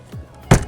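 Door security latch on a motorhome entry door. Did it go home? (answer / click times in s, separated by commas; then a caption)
yes / 0.5 s. A door security latch on a motorhome entry door is put on so the door cannot open while driving. After a faint low thud near 0.1 s, a sharp hit sounds at 0.5 s as the latch goes on and locks the door in place.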